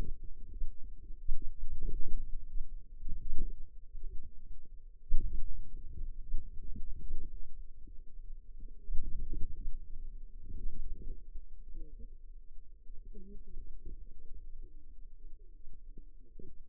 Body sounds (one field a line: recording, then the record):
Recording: forearm muscle sounds (acoustic myography)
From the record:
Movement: outward rotation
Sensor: system 2, bracelet of six BSWA MPA416 microphones around the upper forearm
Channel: 2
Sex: female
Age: 21 years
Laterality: right